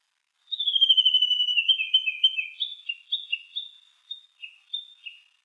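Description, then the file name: Japanese bush warbler singing a long rapid series of high whistled notes that slowly fall in pitch, then slowing into separate short notes. "uguisu"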